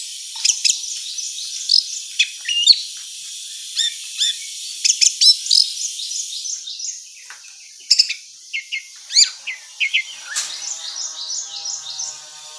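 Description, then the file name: Orange-headed thrush giving short, sharp chirps and twittering phrases in irregular bursts over steady high background noise. Female bird. "suara burung anis merah betina"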